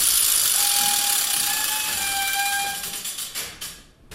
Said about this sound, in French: Oui, oui, c'est maintenant le coq qui va crier la première fois. Et c'est ce qu'on a entendu, c'est son rouage qui s'est mis en position. Vous voyez, ce levier, il a été levé et maintenant ça tourne.